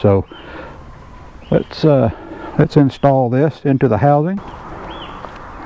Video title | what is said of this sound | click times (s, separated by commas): How to Install LED Headlights on Jeep Wrangler JK (Step-by-Step Guide) | locks in place just like the original. | 5.2 s